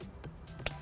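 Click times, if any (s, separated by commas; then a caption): 0.7 s. An EchoMaster blind spot elimination kit's primary radio interface harness is plugged into the factory radio connector of a Mercedes-Benz Sprinter van, and its locking lever cam is closed to lock it into place. Over background music, a single sharp, loud click at 0.7 s shows the connector has seated home.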